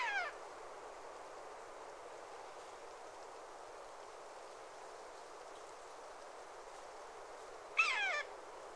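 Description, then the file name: Eurasian jay screeching twice, a harsh, raspy call at the very start and another about eight seconds later, with a steady hiss in between. "Garrulus glandarius"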